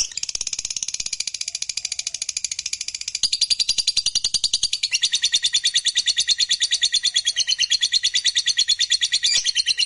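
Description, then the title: Lovebird singing a fast continuous chatter, high rasping pulses delivered in an unbroken stream, the tone dropping a little after three seconds and growing louder. Fighter lovebird singing energetically (gacor). "SUARA Lovebird FIGHTER GACOR"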